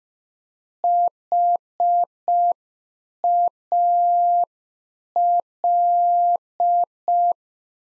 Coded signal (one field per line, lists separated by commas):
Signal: Morse code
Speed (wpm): 5 wpm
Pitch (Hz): 700 Hz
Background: none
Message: HAL